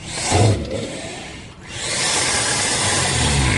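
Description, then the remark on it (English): A rough, rasping alligator hiss with a low, growly rumble underneath, heard alone. It comes in two long breathy bursts separated by a brief catch, like heavy snoring. “And I've just heard a lot of you have sent me alligator sounds.”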